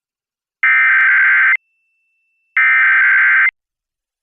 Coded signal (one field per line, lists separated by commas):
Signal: Emergency Alert System (SAME) tones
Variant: header bursts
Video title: A Lot of Monthly Tuesday (EAS #26705-26742) 6/3/25